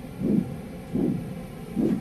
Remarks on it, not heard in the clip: This is the sound of my heartbeat. It's being sampled through a new art installation at the UTS Galleries that combines music and biology. So it's a kind of assisted meditation, or a meditation for people who don't meditate.